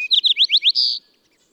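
Bird song fragment: a rapid series of several upslurred whistled notes leading into a short buzzy note, then quiet.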